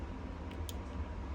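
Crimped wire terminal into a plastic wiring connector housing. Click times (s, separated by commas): 0.7 s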